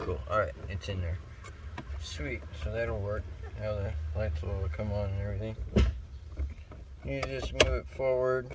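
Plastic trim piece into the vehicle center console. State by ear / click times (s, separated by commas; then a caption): not seated / none. A plastic center-console trim piece is handled and moved forward toward the center console of a Jeep XJ while someone talks, with faint handling knocks and a brief sharp tap underneath. Nothing has seated or clicked yet; the clip ends before the piece goes home.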